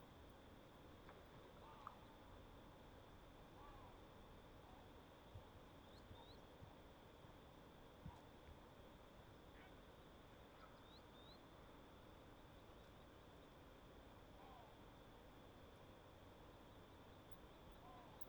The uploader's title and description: Little Pend Oreille National Wildlife Refuge, Bayley's Lake at dusk. Bayley's Lake is calm, flat, and sheltered by tall canyon walls.